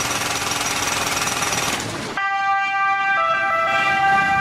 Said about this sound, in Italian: Sirena 100 decibel. Questo è bello, eh?